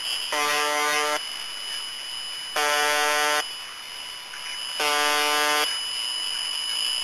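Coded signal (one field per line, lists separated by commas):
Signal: channel marker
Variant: UVB-76 (The Buzzer)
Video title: The Conet Project - The Buzzer, the Pip, and the Squeaky Wheel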